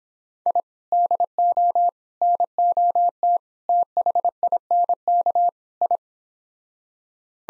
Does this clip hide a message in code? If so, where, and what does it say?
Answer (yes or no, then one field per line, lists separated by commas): yes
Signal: Morse code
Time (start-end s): 0.5-6.0 s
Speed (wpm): 26 wpm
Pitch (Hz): 700 Hz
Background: none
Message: I DO NOT THINK I